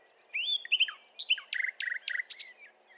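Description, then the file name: Common nightingale song: rising whistles and slurred notes give way to a run of sharp, clicking, stuttered notes, each phrase changing quickly in pitch. "Luscinia megarhynchos"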